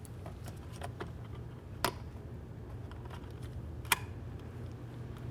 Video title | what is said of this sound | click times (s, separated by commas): How to Replace Left Exterior Mirror 2012-2018 Nissan Altima | Listen for a click from each one of them and give them a light tug to make sure they are secured. | 1.8 s, 3.9 s